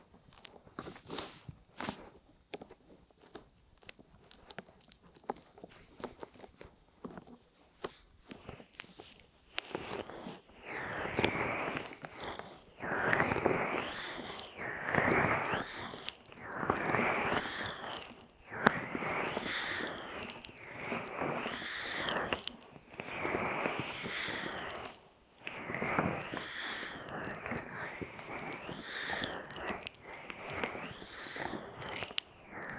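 Ear massage with no talking: the first ten seconds are sparse, sharp ticks and clicks with quiet gaps. From about ten seconds on, dense, wet, slippery rubbing and squelching swells and fades in repeated strokes every second or two, with occasional crisp crackles.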